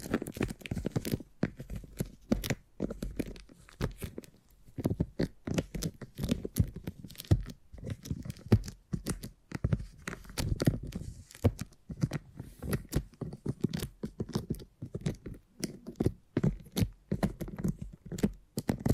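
Beeswax being handled in a series of sticky, crackling and tearing sounds that come in quick, irregular bursts throughout. Sharp clicks and pops are scattered densely over a soft, low rustle, with brief quieter gaps between clusters.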